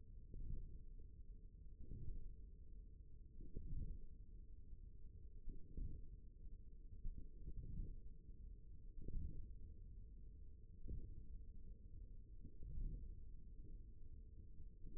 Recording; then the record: forearm muscle sounds (acoustic myography)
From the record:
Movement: hook grip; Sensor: system 1, eight BSWA MPA416 microphones around the upper forearm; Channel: 2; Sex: male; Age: 54 years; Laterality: right